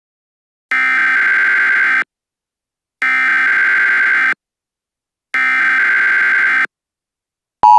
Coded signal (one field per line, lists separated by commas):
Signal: Emergency Alert System (SAME) tones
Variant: header bursts